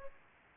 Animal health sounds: mosquito wingbeat signal from an infrared sensor; Aedes aegypti

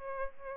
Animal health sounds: mosquito wingbeat signal from an infrared sensor; Aedes albopictus

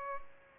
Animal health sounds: mosquito wingbeat signal from an infrared sensor; Culex pipiens

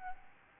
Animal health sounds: mosquito wingbeat signal from an infrared sensor; Aedes albopictus

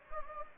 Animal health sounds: mosquito wingbeat signal from an infrared sensor; Anopheles gambiae

